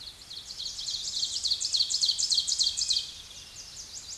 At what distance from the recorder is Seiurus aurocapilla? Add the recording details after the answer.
about 15 m. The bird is about 10 m above the microphone. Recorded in a Pennsylvania forest on 16 May 2024 at 07:17. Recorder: AudioMoth, point MSD-2376. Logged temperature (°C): 16.7 °C. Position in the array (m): 143 m, 8 m